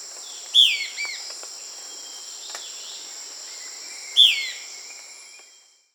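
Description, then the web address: Euler's flycatcher: two quick, slurred descending calls roughly three and a half seconds apart against a continuous high insect hum that fades out at the end. Peru. "Birds of the Amazon 3. Euler's Flycatcher (Lathrotriccus euleri), Peru"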